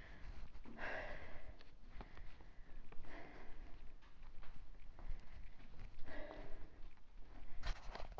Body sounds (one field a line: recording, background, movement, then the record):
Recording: deep breathing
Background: quiet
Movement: walking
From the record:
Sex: female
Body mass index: 22.6 kg/m2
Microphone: on the chest, facing outward